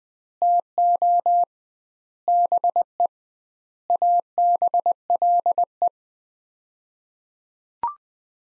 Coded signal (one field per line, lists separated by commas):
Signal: Morse code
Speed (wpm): 20 wpm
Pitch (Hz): 700 Hz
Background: none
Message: TO BE ABLE